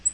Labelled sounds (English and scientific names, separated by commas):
Black-throated Green Warbler (Setophaga virens) flight call